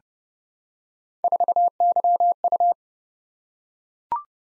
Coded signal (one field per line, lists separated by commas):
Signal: Morse code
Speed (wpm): 30 wpm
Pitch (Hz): 700 Hz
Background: none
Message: 4YU